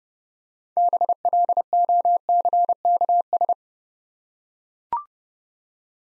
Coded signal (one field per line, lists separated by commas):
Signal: Morse code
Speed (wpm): 30 wpm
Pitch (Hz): 700 Hz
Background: none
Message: BLOCKS